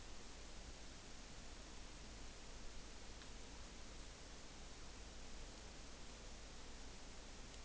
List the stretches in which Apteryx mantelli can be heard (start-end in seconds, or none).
none